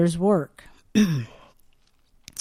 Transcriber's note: clears throat